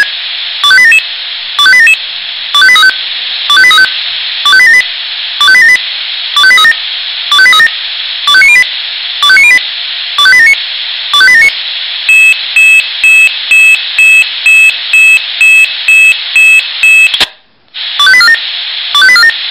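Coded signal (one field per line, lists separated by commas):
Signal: pager alert tone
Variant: Swissphone pager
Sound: repeating electronic pager alert beeps, rhythm speeding into rapid alternating tones, then stops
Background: background hiss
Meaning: Monthly test alarm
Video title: Probealarm Swissphone Quattro XL+ Funkmeldeempfänger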